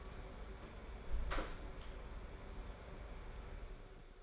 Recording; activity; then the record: daily activity, microphone in the room; close door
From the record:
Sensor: 5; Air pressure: 1015.3 hPa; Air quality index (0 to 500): 217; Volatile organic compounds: 12 ppm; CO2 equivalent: 2354 ppm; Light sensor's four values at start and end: 35/80/32/31 and 35/80/32/31